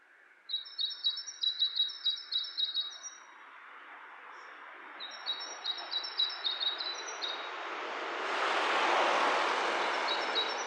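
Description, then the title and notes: Bird chatter in two quick, high, rattling bursts, followed by a swelling broad rushing noise that covers the final seconds. Two birds interacting; lo-fi recording. "bird dialogs. lo-fi recording of two birds interacting"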